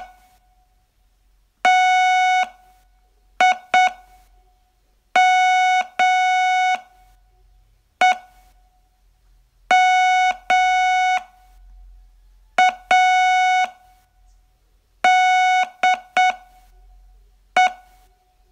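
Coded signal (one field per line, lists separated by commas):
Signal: Morse code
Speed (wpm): 8 wpm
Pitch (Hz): 740 Hz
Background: none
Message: TIMEMADE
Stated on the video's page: Morse training lesson, day 16 of a 42-day course.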